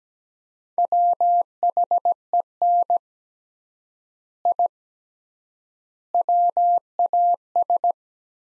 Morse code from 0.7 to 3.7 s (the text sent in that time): WHEN